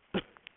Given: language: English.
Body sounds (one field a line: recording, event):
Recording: throat vibration sensor signal played as sound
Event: cough